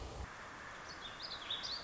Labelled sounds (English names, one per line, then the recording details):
Warbling Vireo
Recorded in Sonoma County, California